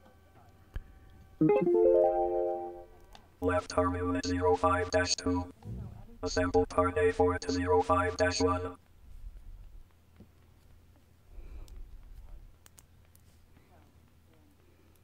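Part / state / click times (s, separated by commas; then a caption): plastic snap-fit part into model kit subassembly / not seated / none. Plastic parts of a Gundam Astray Red Frame Gunpla model kit are handled by hand as a snap-fit part is brought to its subassembly, with someone talking and plucked guitar music playing throughout. A few faint, sharp ticks of handling are heard. The clip ends before the part goes home, and nothing has seated or clicked yet.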